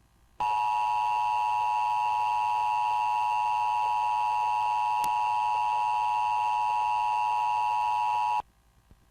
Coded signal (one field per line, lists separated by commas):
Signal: Emergency Alert System (SAME) tones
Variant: 853 and 960 Hz attention tone